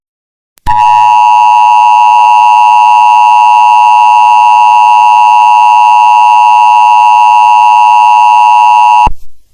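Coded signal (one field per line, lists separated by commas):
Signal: Emergency Alert System (SAME) tones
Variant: 853 and 960 Hz attention tone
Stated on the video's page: Fictional alert scenario made with editing and speech-synthesis software.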